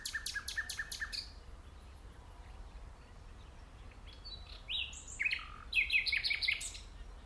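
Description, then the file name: Common nightingale song opening with rapid repeated high notes, then a pause and a varied phrase of buzzy notes and trills. "Luscinia megarhynchos"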